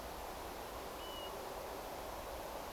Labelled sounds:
European Golden Plover
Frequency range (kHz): European Golden Plover 2.5-3.1 kHz
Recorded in France

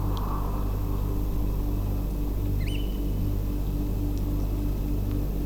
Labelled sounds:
Eurasian Oystercatcher
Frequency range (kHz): Eurasian Oystercatcher 1.5-9.3 kHz
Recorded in France

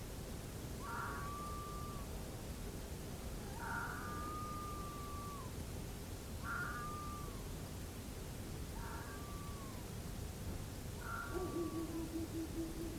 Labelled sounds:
fox
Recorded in France

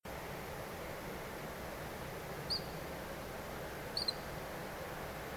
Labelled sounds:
Eurasian Coot
unidentified sound
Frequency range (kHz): Eurasian Coot 3.8-5.1 kHz
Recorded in France

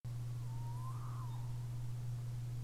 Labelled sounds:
Tawny Owl
unidentified animal sound
unidentified bird
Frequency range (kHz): Tawny Owl 0.9-1.4 kHz; unidentified bird 3.6-3.8 kHz
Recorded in France

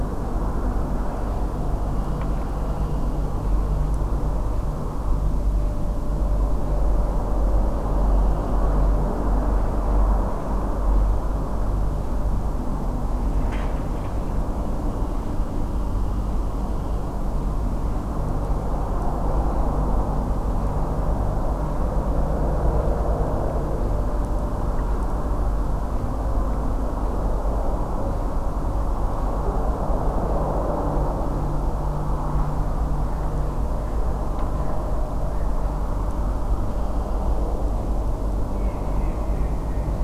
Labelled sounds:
Mallard
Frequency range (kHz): Mallard 1.8-2.8 kHz
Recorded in France

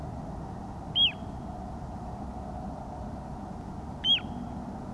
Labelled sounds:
Little Ringed Plover
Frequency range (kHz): Little Ringed Plover 1.2-3.9 kHz
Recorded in France

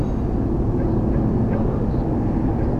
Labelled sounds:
unidentified animal sound
Common Snipe
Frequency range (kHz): Common Snipe 2.7-5.3 kHz
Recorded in France

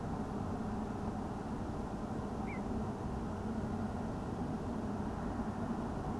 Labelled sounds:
Little Bittern
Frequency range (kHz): Little Bittern 1.9-2.5 kHz
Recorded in France

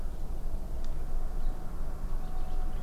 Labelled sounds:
Common Nightingale
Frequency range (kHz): Common Nightingale 2.7-4.9 kHz
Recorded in France

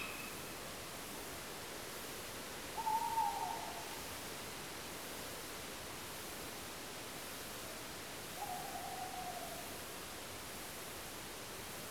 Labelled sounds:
Tawny Owl
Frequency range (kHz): Tawny Owl 0.6-1.0 kHz
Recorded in France

